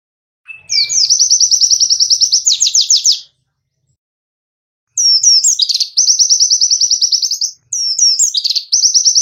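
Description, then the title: White-eye singing fast, even trills of sharp high notes, one long burst then a silence before two more trilled phrases. Masteran, a song-training recording for kept birds; white-eye described as gacor (singing constantly) with full tembakan (rapid trill bursts). "Masteran Burung Pleci Gacor Full Tembakan"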